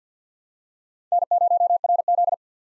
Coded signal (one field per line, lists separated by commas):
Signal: Morse code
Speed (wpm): 50 wpm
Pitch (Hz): 700 Hz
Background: none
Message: N0RZ